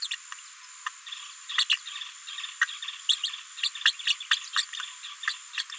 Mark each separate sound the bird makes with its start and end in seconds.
0.01-0.08, 0.11-0.16, 1.69-1.77, 2.60-2.66, 3.08-3.19, 3.23-3.30, 4.06-4.14, 4.30-4.39, 5.53-5.63